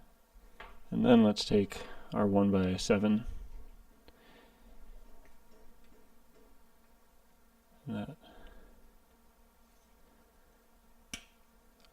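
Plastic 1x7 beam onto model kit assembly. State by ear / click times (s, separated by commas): seated / 11.1 s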